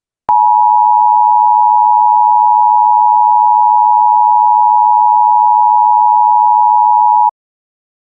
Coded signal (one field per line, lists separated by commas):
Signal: Emergency Alert System (SAME) tones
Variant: 853 and 960 Hz attention tone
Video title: EAS Scenario - Virus Scenario Part 1